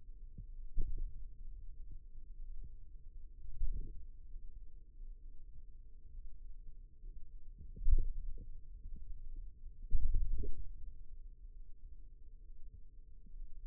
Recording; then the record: forearm muscle sounds (acoustic myography)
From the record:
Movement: pen grasping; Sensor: system 2, bracelet of six BSWA MPA416 microphones around the upper forearm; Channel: 4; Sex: male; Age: 22 years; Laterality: right